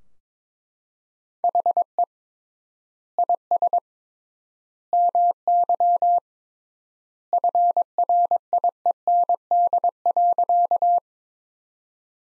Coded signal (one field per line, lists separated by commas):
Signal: Morse code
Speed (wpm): 21 wpm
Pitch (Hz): 700 Hz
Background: none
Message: HE IS MY FRIEND.